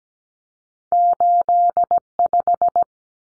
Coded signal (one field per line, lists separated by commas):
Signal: Morse code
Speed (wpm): 17 wpm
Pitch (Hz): 700 Hz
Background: none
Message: 85